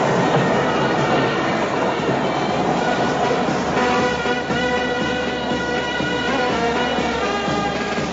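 A train arrives at the crowded Calcutta railway station in India, rumbling in steadily with a dense, continuous wash of metallic rail noise and faint squealing tones, loud, with a bustling crowd murmur blended underneath throughout.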